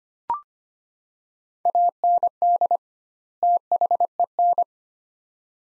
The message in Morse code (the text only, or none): AND THEN